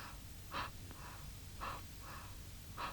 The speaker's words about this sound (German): Die Babys schlafen, Sogar die Raben haben ihre schlappen Flappen schon zur Nacht gefaltet in der eingelullten, umstummten Stadt. Psst. Hörst du sie atmen? So atmen?